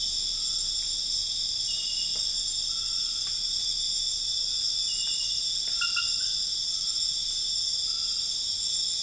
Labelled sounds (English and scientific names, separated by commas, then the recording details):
none
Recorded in dense forest near Puerto Asís, Putumayo, Colombia, on 4 March 2025 at 01:30
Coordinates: 0.484, -76.325
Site G045